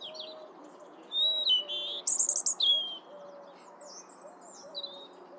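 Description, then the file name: European robin song: sweet high whistles and a burst of very high trilled notes, with faint low hooting whistles repeating in the background. "Erithacus rubecula"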